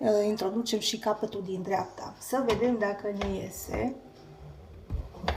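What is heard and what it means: Someone talks while fitting the left end of a metal rotisserie basket onto the rail inside an air fryer oven. A soft knock comes at 4.9 s, then a sharp click at 5.3 s as the basket end seats in its rail slot.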